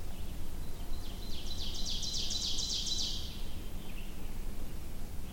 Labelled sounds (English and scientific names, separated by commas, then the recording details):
Ovenbird (Seiurus aurocapilla) song
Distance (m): 45 m
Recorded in boreal forest in Alberta, Canada, on 21 June 2016 at 06:03
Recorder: SongMeter 3, array SBT-6-76
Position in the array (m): 282 m, 103 m
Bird 1